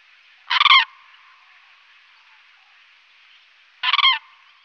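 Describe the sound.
Common crane bugling, two brief harsh rattling bursts about three seconds apart over a quiet hiss.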